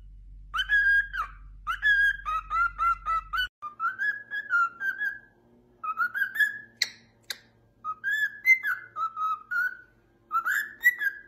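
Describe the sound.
Cockatiel whistled song: a run of warbling, tonal phrases that rise and fall, repeated in short bursts with brief gaps, and a faint low hum early on.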